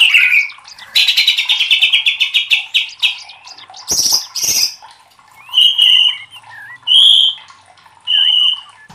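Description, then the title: White-rumped shama song opening with a long rapid stuttering trill, then two harsh rasps and several ringing whistled notes with short gaps. Training song (masteran) for caged birds. "MURAI BATU LABAIK"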